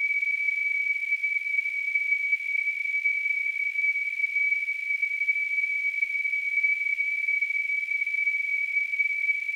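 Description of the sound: A single steady high-pitched pure tone, near 2.3 kHz, holds unchanged for about ten seconds over a faint hiss. It is a simulated tonal tinnitus, imitating the constant ringing a person with tinnitus hears.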